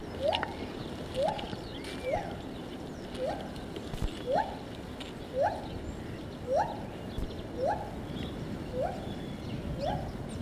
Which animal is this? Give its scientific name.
Hylobates lar